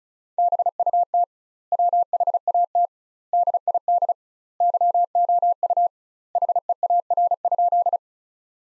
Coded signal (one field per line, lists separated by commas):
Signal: Morse code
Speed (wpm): 36 wpm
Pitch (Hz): 700 Hz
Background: none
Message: BUT WHAT DID YOU HEAR?